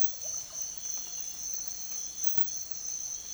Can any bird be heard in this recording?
no